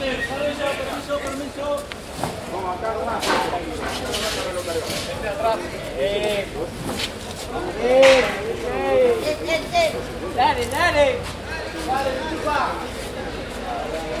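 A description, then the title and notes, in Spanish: At the Mercado de Abasto de Bahía Blanca, many voices talk over one another in a steady, dense hubbub for the whole stretch. A few voices rise louder around eight and eleven seconds, and brief clatters and knocks cut through now and then. Mercado de Abasto de Bahía Blanca.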